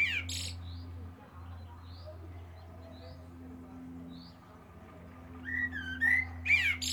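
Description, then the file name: Common blackbird song fragments: a short squeaky burst at the start, then whistled phrases with high twittery endings near the close, over a steady low hum. "Turdus merula"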